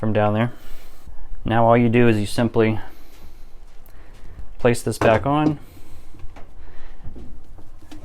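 A plastic agitator is placed back onto the drive shaft of a GE washing machine and lined up there, ready to be pressed down to snap on. Someone talks while faint handling sounds and a few small knocks are heard near the end. Nothing has seated or clicked yet.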